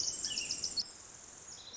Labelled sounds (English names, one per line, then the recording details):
Pacific Wren
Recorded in Sonoma County, California